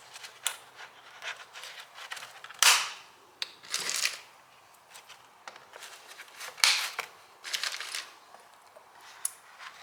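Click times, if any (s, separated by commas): 0.5 s, 2.6 s, 3.4 s, 6.6 s, 9.2 s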